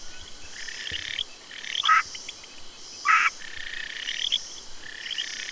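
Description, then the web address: Frog calls, buzzy pulsed notes with two louder rasping bursts, others softer in the background. Recorded 9 August 2015. "frog rec 150809"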